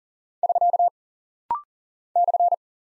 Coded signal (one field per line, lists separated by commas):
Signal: Morse code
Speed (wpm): 40 wpm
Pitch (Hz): 700 Hz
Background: none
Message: <SK> /